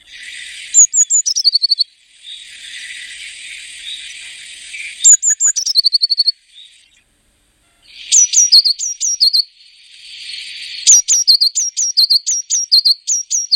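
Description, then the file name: Eurasian blue tit song: high thin descending notes followed by buzzy churring trills, repeated in several bursts with brief pauses between. "Blaumeise"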